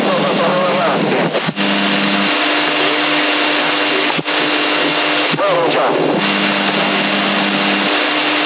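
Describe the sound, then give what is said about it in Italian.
Harsh, steady CB radio static in Sassari with a low droning carrier tone that drops in and out, punctuated by sharp clicks and brief garbled voice fragments. “Sei ma c'era una portante che ti colpiva.”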